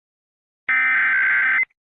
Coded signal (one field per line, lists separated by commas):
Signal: Emergency Alert System (SAME) tones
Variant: header bursts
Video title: A EAS Scenario #8 Daki and Gyutaro’s Rampage